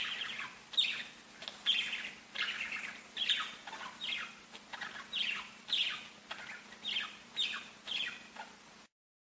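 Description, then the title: Budgerigar calls, repeated chirping bursts with falling notes, fairly regular, ending abruptly in silence. "Budgie Sounds"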